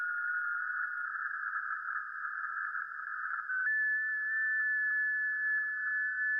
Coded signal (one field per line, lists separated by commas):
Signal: FT8